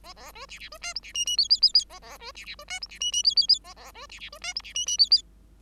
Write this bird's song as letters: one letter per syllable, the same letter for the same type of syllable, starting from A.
A A B C C B D E C F F G G G G A A B C C B D E C F F G G G A A B C C B D E C F F G G